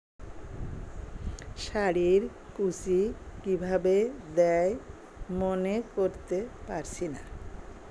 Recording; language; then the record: elicited speech; Bengali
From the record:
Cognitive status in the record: dementia